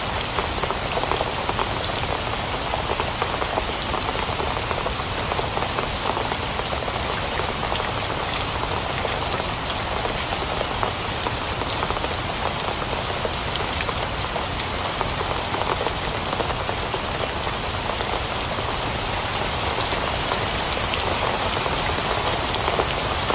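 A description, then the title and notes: Steady, dense rain patters on a hard surface for the whole clip, an even hiss of countless drops without pause or change. Rain.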